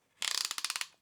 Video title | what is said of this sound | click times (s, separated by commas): Real Talk 62: Every Day Carry | So you can very easily, all you do is insert it and you can hear it | 0.3 s, 0.4 s, 0.5 s, 0.6 s, 0.7 s, 0.8 s